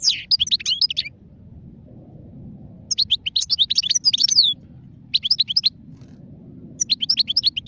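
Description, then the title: European goldfinch singing fast tinkling, twittering phrases in four bursts, over a steady low rumble of background noise. Wild bird, song. "اجمل غناءالحسون الخلويchant chardonneret sauvage"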